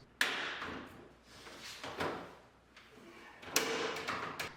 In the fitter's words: You'll then hear the clips click into place.